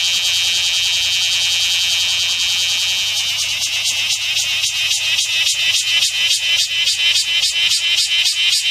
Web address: insect kumazemi